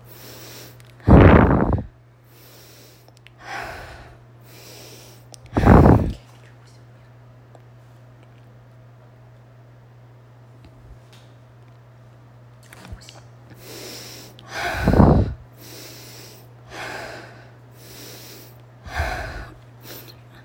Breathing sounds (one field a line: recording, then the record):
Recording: deep breathing after running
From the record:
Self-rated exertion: light exertion (2 of 6)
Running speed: 6 miles an hour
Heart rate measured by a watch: 104 beats a minute at the start, 105 at the end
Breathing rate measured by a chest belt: 15 breaths a minute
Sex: female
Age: 30 years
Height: 160 cm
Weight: 51 kg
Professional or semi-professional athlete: no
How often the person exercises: 3 to 5 times a week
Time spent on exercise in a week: over 5 hours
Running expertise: no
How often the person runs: 3 to 5 times a week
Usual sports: running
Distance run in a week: 60 km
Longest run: 42 km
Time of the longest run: 267 minutes